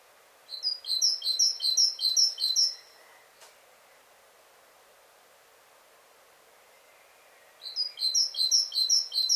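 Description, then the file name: Great tit giving a fast burst of high chattering notes for two seconds, then silence, then another burst starts near the end. "Parus major"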